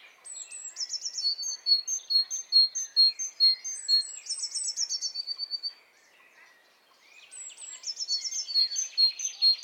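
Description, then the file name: Great tit calls: rapid series of high, clipped notes, pausing for about a second before a fresh run of sharp, ringing notes. "Parus major"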